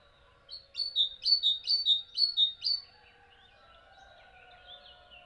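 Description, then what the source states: Bird chirping: a run of several rapid paired chirps, high and slightly descending, followed by softer twittering in the background. Birds chirping at dawn.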